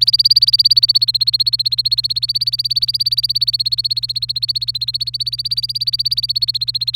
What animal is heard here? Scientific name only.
Serinus canaria